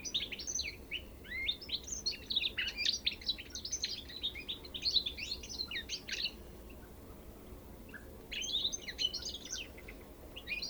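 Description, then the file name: European goldfinch chattering, fast tinkling notes for six seconds, a short quiet gap, then more twittering bursts, with faint low background noise. "Carduelis carduelis"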